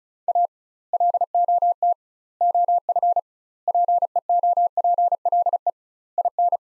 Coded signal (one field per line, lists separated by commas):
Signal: Morse code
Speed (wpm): 36 wpm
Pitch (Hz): 700 Hz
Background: none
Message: A LOT OF PEOPLE IN